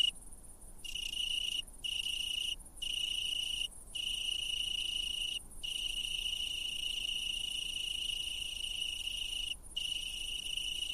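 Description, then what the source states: Italian tree cricket trilling: long, even, high-pitched trills broken by short pauses at irregular intervals, over a faint quiet background. Stridulation; males sing so that females can locate them and mate.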